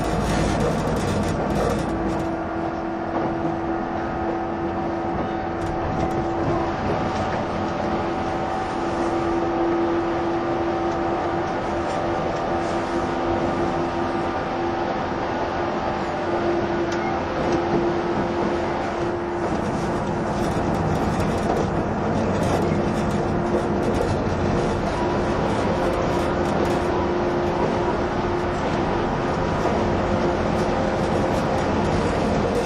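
Running sound recorded aboard a 185 series train on the Odoriko No. 106, a steady low rumble and rushing noise that holds level for the whole stretch. A sustained tone hums through it, shifting slightly in pitch, with faint rattles scattered throughout.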